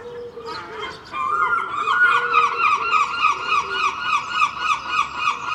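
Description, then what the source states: Gull calls, a low mewing note, then loud repeated squealing cries in quick succession. Early morning, Filey, April 2023; recorded from a second storey window with Clippy microphones and a Roland R-07.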